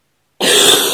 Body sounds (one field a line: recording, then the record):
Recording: coughing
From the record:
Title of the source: 30 Chesty and wet cough